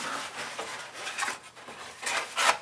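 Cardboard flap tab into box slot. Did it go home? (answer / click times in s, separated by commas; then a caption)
no / none. The second corrugated cardboard end flap of a triangular roll storage box is folded upward and its tab is pushed toward its slot. Dry rubbing and scraping of cardboard comes in bursts, louder near 1.2 s, 2.1 s and 2.5 s. Nothing has seated or snapped in yet.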